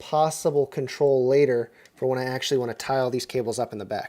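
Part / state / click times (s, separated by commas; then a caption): SATA power cable plug into drive connector / not seated / none. Someone talks while handling a SATA power cable plug that is about to be pushed onto a drive connector. Only speech is heard, and nothing has seated or clicked yet.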